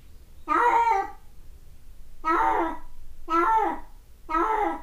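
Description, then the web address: Cat uttering four insistent meows separated by short pauses. Dated 1 May 2008, also marked 0841. "cat cat 20080501-0841"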